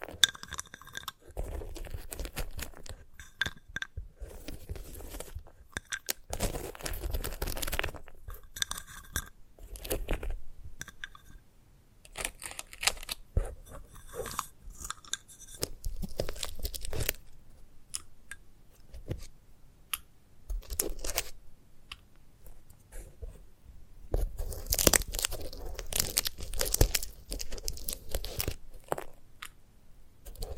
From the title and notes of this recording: ASMR of a Sunflower Head (No Talking).